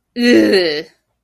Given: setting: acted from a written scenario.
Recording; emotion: vocal sound without words; disgust